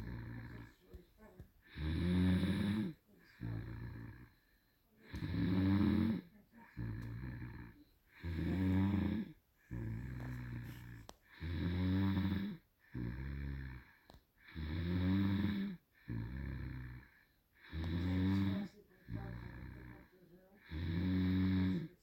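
Rhythmic snoring in a child, with loud, low, rattling inspiratory bursts alternating with softer expiratory sounds, about 19 breath cycles a minute. The pattern is steady throughout, from vibration of the upper airway during sleep.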